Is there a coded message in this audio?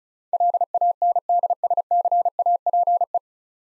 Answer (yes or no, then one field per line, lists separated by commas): yes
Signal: Morse code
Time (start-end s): 0.3-3.2 s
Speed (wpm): 36 wpm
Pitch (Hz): 700 Hz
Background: none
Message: LANDSCAPE